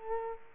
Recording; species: mosquito wingbeat signal from an infrared sensor; Culex quinquefasciatus